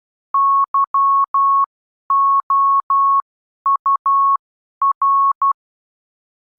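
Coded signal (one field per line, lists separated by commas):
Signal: Morse code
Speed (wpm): 12 wpm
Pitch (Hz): 1100 Hz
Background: none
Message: YOUR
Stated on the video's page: Morse code reading practice for subconscious familiarisation, the stage after initial conscious learning.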